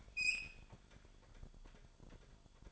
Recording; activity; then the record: daily activity, microphone in the room; open fridge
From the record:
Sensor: 5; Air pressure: 1007.9 hPa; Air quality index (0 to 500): 88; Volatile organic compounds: 1 ppm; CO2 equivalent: 693 ppm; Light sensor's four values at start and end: 39/90/37/39 and 41/94/39/41